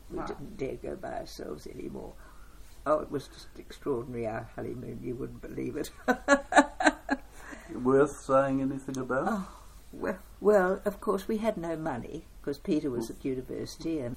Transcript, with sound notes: We didn’t dare go by ourselves any more. Oh, it was just extraordinary, our honeymoon – you wouldn’t believe it. [Chuckle] Worth saying anything about? Oohh, well! Well, of course we had no money because Peter was at University.